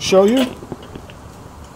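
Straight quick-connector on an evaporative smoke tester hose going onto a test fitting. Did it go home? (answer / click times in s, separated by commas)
yes / 0.9 s, 1.1 s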